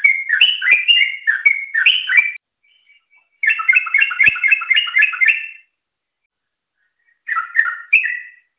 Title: Suara Burung Trucukan